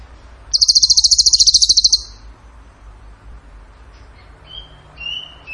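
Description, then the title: Bird with one high, rapid rattling trill lasting about one and a half seconds, then faint thin whistles; steady low hum throughout. Bird song in the tembakan gacor style, used as masteran (training for other birds). "Masteran Burung Tembakan Gacor"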